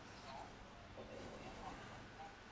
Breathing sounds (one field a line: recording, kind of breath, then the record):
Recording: one breath in and out by a microphone near the nose and mouth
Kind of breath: deep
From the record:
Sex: male